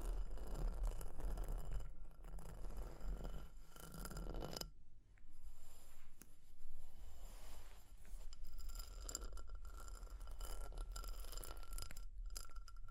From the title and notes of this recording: ASMR for PURE Relaxation and Sleep Fire Crackling, Tapping, Scratching(No Talking).